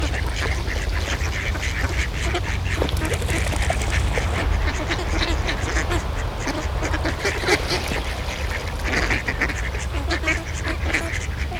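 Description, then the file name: Many ducks quacking continuously in a dense, overlapping chorus, with a constant low rumble underneath. Ducks in a pond. "Eenden in een vijver - Sound Cloud - Beeld en Geluid"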